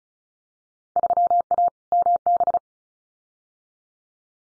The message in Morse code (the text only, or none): 3A MB